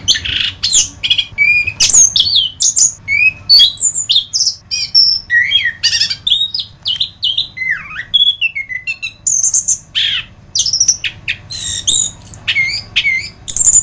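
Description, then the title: Thrush song, quick varied whistled and scratchy phrases pouring out continuously, some notes sweeping down and others high and thin. "Suara Burung Anis"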